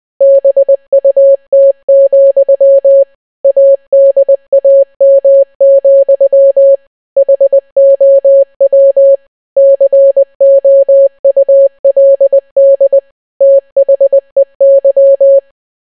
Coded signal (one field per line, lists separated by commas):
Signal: Morse code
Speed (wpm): 20 wpm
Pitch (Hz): 550 Hz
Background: none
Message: BUT, ADAM, HOW COULD THEY